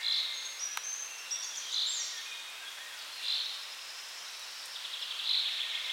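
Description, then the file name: Common chaffinch calls: four short, sharp, high notes spaced roughly one and a half to two seconds apart, over a steady hissing background. "Fringilla coelebs"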